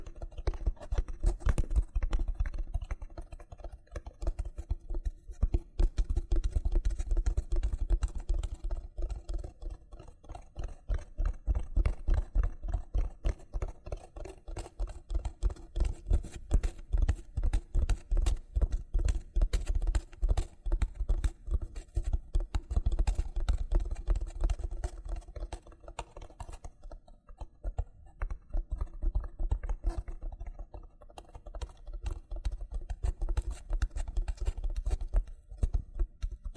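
Loofah sounds: a fast, dense stream of crisp crackling and popping clicks, like peeling and scratching, runs throughout with a low rumbling underneath. The intensity swells and eases in waves, dipping briefly around 9, 26 and 33 seconds.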